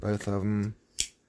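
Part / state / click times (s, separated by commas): folding knife blade locking open in its titanium handle / seated / 1.0 s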